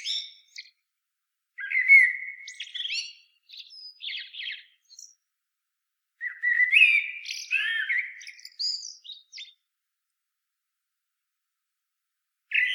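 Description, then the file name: Common blackbird song: two mellow whistled phrases, each trailing into high scratchy twitters and separated by a brief pause, with a fragment at the very start and a third phrase beginning at the end. "Turdus merula"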